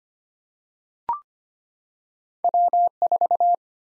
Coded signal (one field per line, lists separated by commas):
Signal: Morse code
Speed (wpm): 25 wpm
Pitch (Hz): 700 Hz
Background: none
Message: W4